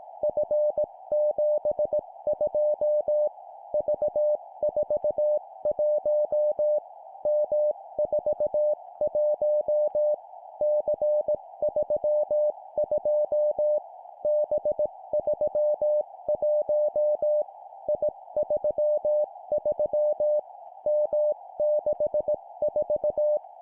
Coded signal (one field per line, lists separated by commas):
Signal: Morse code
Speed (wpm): 18 wpm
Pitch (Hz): 600 Hz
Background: music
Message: F72 V41 M41 C32 B31 I33 M64